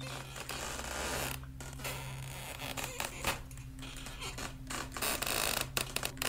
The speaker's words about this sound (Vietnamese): Bên tai của ả lẫn trong tiếng soàn soạt cào khôn nguôi cùng với tiếng lộc cộc và ruồi nhặng vo ve, còn có cả tiếng gió rít ù ù bên ngoài khe cửa.